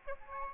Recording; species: mosquito wingbeat signal from an infrared sensor; Aedes albopictus